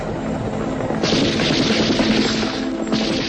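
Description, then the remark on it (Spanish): Dense, continuous battle noise of gunfire in combat at Quebrada del Yuro in eastern Bolivia: a loud, rumbling wash of shots and booms that thickens and brightens about a second in, with no clear gaps and no voices. “Inutilizado su fusil por un disparo y herido en una pierna, cae prisionero.”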